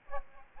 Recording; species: mosquito wingbeat signal from an infrared sensor; Aedes aegypti